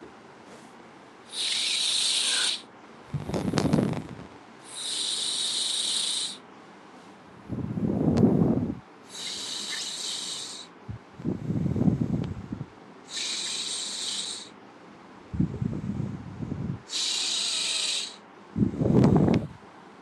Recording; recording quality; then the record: shallow breathing; poor, much background noise or distortion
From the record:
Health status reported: healthy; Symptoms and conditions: none ticked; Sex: male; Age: 28 years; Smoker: not ticked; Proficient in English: yes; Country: India